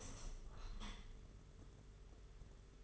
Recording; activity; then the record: daily activity, microphone in the room; open window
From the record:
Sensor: 4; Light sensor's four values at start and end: 22/76/28/29 and 22/76/28/29